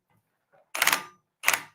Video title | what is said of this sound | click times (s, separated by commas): LIVE: Prusa MK4 Build | yeah clicking clicking clicking down there we go okay so | 0.8 s, 0.9 s, 1.5 s